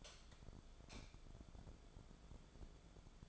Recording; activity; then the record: daily activity, microphone in the room; light on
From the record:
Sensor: 5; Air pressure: 1010.4 hPa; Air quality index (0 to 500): 118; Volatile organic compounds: 2 ppm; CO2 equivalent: 1162 ppm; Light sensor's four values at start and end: 507/1298/537/606 and 507/1301/538/607